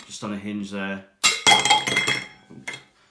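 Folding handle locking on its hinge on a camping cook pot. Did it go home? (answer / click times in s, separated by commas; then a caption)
yes / 2.7 s. The foam-covered folding handle of a metal camping cook pot is swung on its hinge while someone talks, with metallic clinks in between. At 2.7 s a sharper hit is heard as the handle pops into place and locks.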